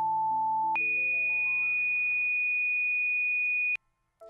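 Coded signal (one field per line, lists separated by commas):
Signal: two-tone page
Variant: Motorola Quick Call II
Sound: a short mid-pitched steady tone, then a long higher steady tone lasting three seconds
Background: faint rising musical notes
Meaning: Alerts the pager assigned tone pair 128/209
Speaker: say you want it to be 128 209 right you then can hit Play Tone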